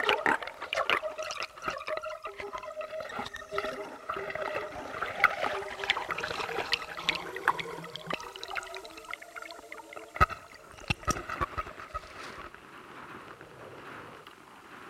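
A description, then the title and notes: Underwater recording through a hydrophone: dense clicks, bubbling and pinging tones over a busy liquid wash, with sharp knocks near ten seconds, quieter toward the end. L'Hydrophone de Guillaume. A plongé son hydrophone (microphone sous-marin) réalisé à Radio Grenouille le long du littoral toulonnais.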